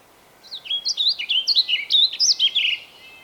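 Bird song: after a brief silence, a lively two-and-a-half-second phrase of quick, high, looping whistled notes rising and falling.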